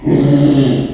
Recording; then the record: squeal of a Yucatan mini pig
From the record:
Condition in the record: after surgery on the right vocal fold (resection and tissue-engineered implant); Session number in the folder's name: 2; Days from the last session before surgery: 13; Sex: male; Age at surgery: 12 weeks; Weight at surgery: 13 kg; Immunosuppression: cyclosporine, prednisolone